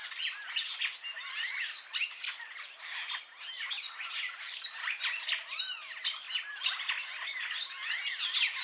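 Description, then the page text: Purple starling calls in a dense, continuous chatter of squawks, whistles and chirps, overlapping without pause throughout. "Bram Piot - Пурпурный скворец (Lamprotornis purpureus)"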